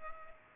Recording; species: mosquito wingbeat signal from an infrared sensor; Culex pipiens